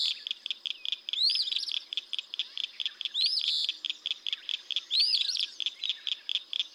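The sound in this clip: Eastern phoebe song phrases, buzzy and rising, given every couple of seconds, half-hidden by dense fast high clicking pulses throughout.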